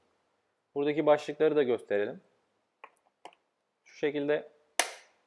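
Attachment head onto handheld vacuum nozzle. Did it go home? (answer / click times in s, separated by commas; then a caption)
yes / 4.8 s. A plastic brush attachment head is pushed onto the nozzle of a Xiaomi Mi Handheld Vacuum Cleaner 1C while someone talks, with a few light knocks around 2.8 and 3.3 seconds. At 4.8 seconds it snaps home with a sharp click, seating the attachment in place.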